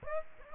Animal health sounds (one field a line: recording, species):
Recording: mosquito wingbeat signal from an infrared sensor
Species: Aedes aegypti